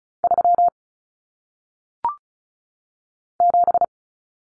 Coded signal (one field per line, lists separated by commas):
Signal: Morse code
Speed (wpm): 36 wpm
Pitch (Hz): 700 Hz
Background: none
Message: 3 7